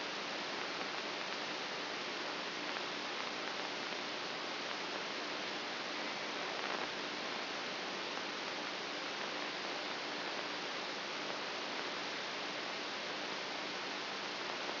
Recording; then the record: brain microelectrode recording played as sound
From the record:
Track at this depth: inside the subthalamic nucleus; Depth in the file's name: 0.64 mm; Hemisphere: right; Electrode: 2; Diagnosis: Parkinson's disease